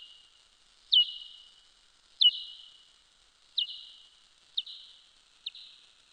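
Soprano pipistrelle pulses: five quick downward sweeps, each flattening into a brief steady note, fading toward the end.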